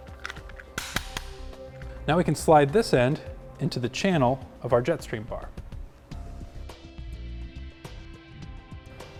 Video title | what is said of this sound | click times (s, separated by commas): etrailer - How to Install: Yakima RidgeLine Roof Rack for Flush Rails on your 2016 Kia Sorento | And come back underneath, starting to tighten that down all the way till you hear 3 audible clicks from our tightening tool. | 0.8 s, 1.0 s, 1.2 s